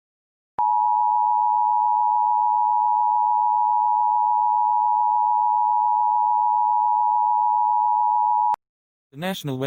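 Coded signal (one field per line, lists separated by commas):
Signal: Emergency Alert System (SAME) tones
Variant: 853 and 960 Hz attention tone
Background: speech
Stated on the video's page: Fictional mock EAS scenario about a tsunami.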